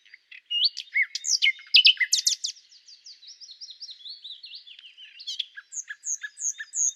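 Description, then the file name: Common nightingale song: sharp high chirps and varied whistled notes, then a softer warbling stretch and louder short repeated notes. "Luscinia megarhynchos"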